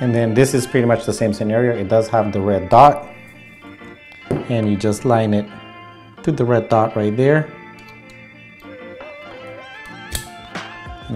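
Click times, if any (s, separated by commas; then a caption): 10.1 s. A wired cord connector for a 3Shape Trios 4 intraoral scanner is lined up with the red dot and pushed into the scanner while someone talks over background music. A sharp snap at 10.2 s marks the connector seating in place.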